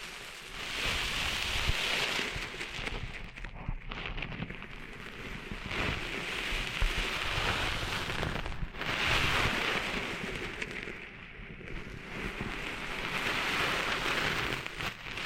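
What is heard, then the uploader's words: Sand being cleaned out of ears makes a dense, rushing scratchy hiss that swells and eases, dipping briefly near four, nine and eleven seconds. ASMR Cleaning Sand Out of Your Ears (No Talking).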